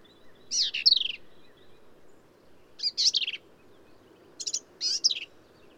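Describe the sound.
Black-capped vireo delivering three bright, complex phrases of chattered and slurred notes, with short pauses between.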